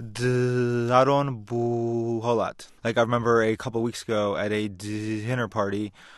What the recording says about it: Today's sound clip comes from Rockville, Maryland. Like most people who stutter, saying our name is the sound that gives us the most trouble. I stuttered saying my name. Been in speech therapy for several years.